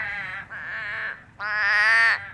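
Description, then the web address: Toad calls, three drawn-out nasal harmonic notes, the last one louder and higher, with a short pause before it. Recorded on 14 September 2012. "2012-09-14 toads"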